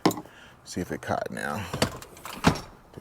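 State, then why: Not seated. The folding rear seat in the cab of a 125,000-mile F-150 3.5 EcoBoost pickup is lifted and pushed down onto its latch and striker. Someone talks over a sharp knock at the start and a few soft bumps and thuds near the end. The rear seat latch fails to catch, and nothing has seated or clicked yet.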